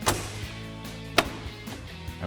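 A plastic front grille on a Jeep Wrangler JK is lined up on its bottom tabs and pushed into place onto the body clips during an LED headlight install. A soft knock at 0.1 s is followed by one sharp, bright snap at 1.2 s over a low background hum. The grille is seated.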